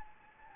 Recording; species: mosquito wingbeat signal from an infrared sensor; Anopheles gambiae